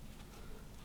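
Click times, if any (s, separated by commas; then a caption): none. A memory stick is handled while being pushed down into a motherboard DIMM slot for a Ryzen 9 5950X PC build. Only a steady low broadband background is heard, with no sharp transients. Nothing has seated or clicked yet.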